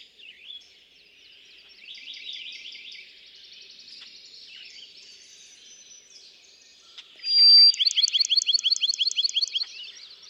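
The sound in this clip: Bachman's sparrow, soft trilling phrases at first, then a loud pure whistle breaking into a fast, ringing trill near the end.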